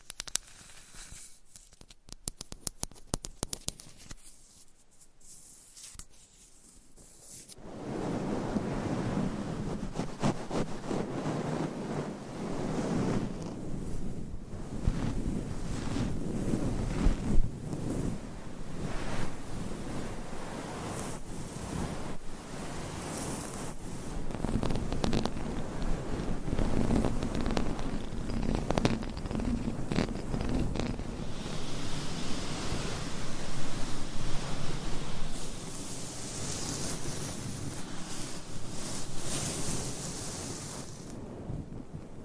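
ASMR triggers shift every few seconds, opening with sparse clicks and taps for about eight seconds. Then a dense, rough scratching and rubbing sets in and keeps going, with quick tapping flurries around 15 and 35 seconds and a brighter hiss near the end.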